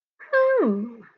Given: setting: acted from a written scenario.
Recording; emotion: vocal sound without words; interest